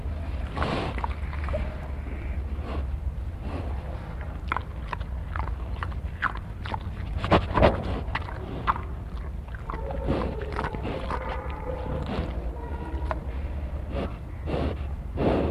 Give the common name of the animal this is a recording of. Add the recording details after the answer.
Common Warthog. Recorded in captivity. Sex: male. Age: adult. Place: Zoo Hannover, Niedersachsen, DE. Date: 1960-11-30 16:50. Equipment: Minifon, Kopie Smaragd. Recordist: Tembrock, Günter